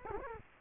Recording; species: mosquito wingbeat signal from an infrared sensor; Culex quinquefasciatus